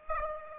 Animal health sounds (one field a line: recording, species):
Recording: mosquito wingbeat signal from an infrared sensor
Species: Aedes aegypti